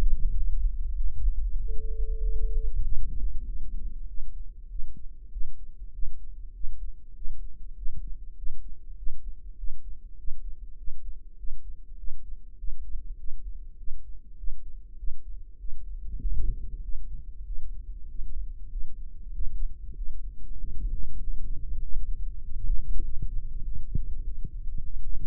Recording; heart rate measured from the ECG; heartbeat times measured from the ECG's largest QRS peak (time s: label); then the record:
heart sounds by microphone in the right ear; 98 bpm
0.35 s: heartbeat
0.98 s: heartbeat
1.59 s: heartbeat
2.21 s: heartbeat
2.84 s: heartbeat
3.47 s: heartbeat
4.09 s: heartbeat
4.70 s: heartbeat
5.32 s: heartbeat
5.94 s: heartbeat
6.55 s: heartbeat
7.16 s: heartbeat
7.77 s: heartbeat
8.38 s: heartbeat
8.98 s: heartbeat
9.58 s: heartbeat
10.19 s: heartbeat
10.78 s: heartbeat
11.39 s: heartbeat
11.99 s: heartbeat
12.59 s: heartbeat
13.19 s: heartbeat
13.79 s: heartbeat
14.39 s: heartbeat
14.99 s: heartbeat
15.60 s: heartbeat
16.21 s: heartbeat
16.83 s: heartbeat
17.46 s: heartbeat
18.09 s: heartbeat
18.71 s: heartbeat
19.34 s: heartbeat
19.96 s: heartbeat
20.59 s: heartbeat
21.21 s: heartbeat
21.82 s: heartbeat
22.43 s: heartbeat
23.04 s: heartbeat
23.65 s: heartbeat
24.25 s: heartbeat
24.84 s: heartbeat
From the record:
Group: healthy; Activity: rest 0-2 s, cold pressor test 2-25 s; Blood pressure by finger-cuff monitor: 153/79 mmHg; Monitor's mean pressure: 97 mmHg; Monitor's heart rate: 98 bpm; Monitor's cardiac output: 8 L/min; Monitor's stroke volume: 82 mL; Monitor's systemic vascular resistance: 900 dyn s/cm5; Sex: male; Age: 21 years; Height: 175 cm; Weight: 72.6 kg